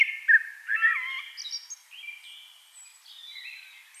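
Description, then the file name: Eurasian blackbird opens with a couple of loud, mellow slurred whistles, then fades to softer, thin high notes. "Turdus merula"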